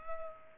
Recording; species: mosquito wingbeat signal from an infrared sensor; Culex pipiens